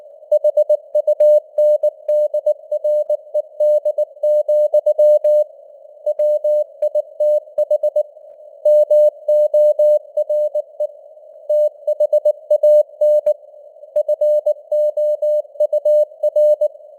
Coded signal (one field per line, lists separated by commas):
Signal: Morse code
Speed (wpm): 19 wpm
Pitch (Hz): 600 Hz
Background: none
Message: HUNDRED, WITH MORE THAN FOUR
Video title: Morse Code News | 2025-12-01 | 19wpm